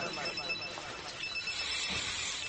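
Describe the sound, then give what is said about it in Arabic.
A telephone rings with a steady, high electronic tone that holds for the whole stretch, interrupting a lesson explaining the Book of Purification of Bulugh al-Maram, sounding at moderate loudness over a faint murmur of room noise. “نعم، لو ما كان محرم لدعوت على هذا الهاتف.”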